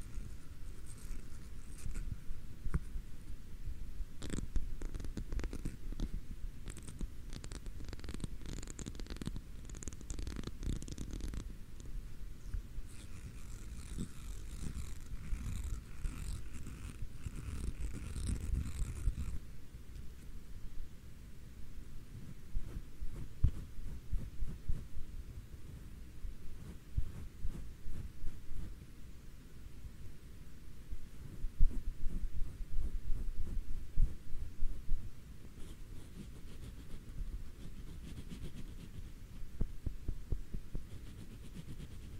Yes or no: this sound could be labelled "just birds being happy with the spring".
no